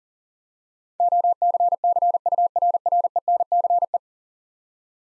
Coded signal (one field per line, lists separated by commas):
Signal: Morse code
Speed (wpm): 40 wpm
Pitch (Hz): 700 Hz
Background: none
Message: OCCURRENCE